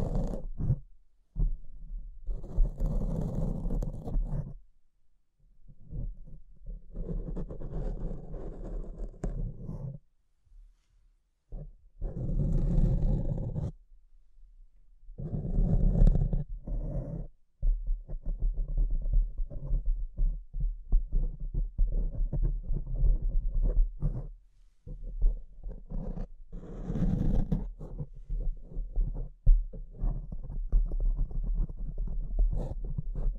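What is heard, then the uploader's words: Scratching and rubbing against a microphone comes in rough, irregular bursts with short silent breaks around 5, 11, 14 and 17 seconds. The noise is mostly a low, rumbling scrape. Brighter hissy scrapes flare near 3, 13 and 27 seconds, and after 18 seconds it runs almost without pause. ASMR Brain Melting Mic Scratching (No Talking).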